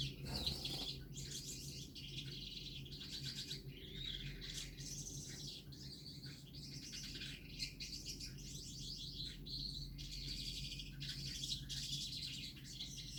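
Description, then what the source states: Gouldian finch singing wheezy, high-pitched twittering in continuous phrases, with a constant low humming background. Male singing.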